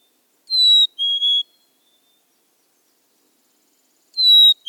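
Black-capped Chickadee whistled song, a pure high note followed by a slightly lower held note, then the next phrase begins.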